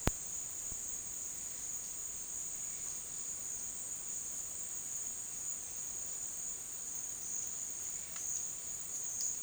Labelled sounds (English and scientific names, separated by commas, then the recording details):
none
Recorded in dense forest near Puerto Asís, Putumayo, Colombia, on 23 June 2025 at 12:00
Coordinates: 0.466, -76.327
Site GP04